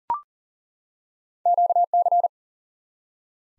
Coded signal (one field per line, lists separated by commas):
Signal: Morse code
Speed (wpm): 38 wpm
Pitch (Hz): 700 Hz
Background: none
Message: QC